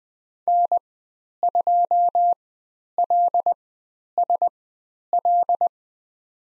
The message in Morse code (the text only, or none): N2LSL